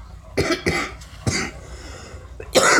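Three short, sharp cough bursts come about half a second apart, then a fourth, louder and harsher cough at the end, in a small room. It is a plain cough from an adult who is very raspy and coughy.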